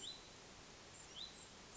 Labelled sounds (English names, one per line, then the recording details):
Hutton's Vireo
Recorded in Sonoma County, California